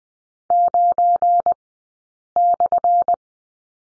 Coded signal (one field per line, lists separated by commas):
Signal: Morse code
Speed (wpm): 20 wpm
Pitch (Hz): 700 Hz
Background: none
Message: 9/